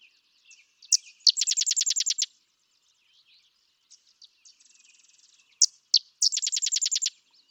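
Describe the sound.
Sedge wren song: a couple of sharp introductory chips followed by a fast, dry chattering trill about a second long, given twice with quiet softer notes between.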